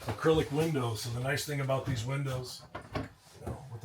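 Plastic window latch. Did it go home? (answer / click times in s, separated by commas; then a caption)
released / 3.0 s. Someone talks, then presses the release button on an acrylic RV window latch so the window can be opened fully. A sharp click is heard at 3.0 s as the latch releases open.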